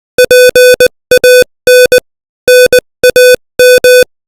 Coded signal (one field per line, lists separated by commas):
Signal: Morse code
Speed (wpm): 20 wpm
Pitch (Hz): 500 Hz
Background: music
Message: PAN NAM